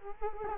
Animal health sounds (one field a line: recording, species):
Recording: mosquito wingbeat signal from an infrared sensor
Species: Culex quinquefasciatus